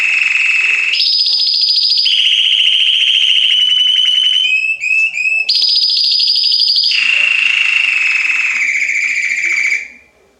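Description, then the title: Belgian canary song of long steady trills alternating between lower and higher pitches, a brief bubbly break in the middle, then trilling again until it stops near the end. Male Belgian canary singing a lot, to warm up young and Belgian canaries within 30 minutes. "Esquente Seu Filhote E Canario Belga Em 30 Minutos Macho Cantando Muito. Esquente seu canrio belga em 30 minutos - Canrio Belga estourado"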